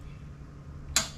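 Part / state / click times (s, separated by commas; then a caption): click-type torque wrench on a cylinder head bolt of an outboard engine / torque reached / 1.0 s. A click-type torque wrench tightens the last cylinder head bolt, number 14, to about 22 ft-lb on a Yamaha outboard engine. Over a low steady background hum, a single sharp, bright click rings out at 1.0 s and fades quickly. The wrench has clicked at its final setting, and the head bolt tightening is done.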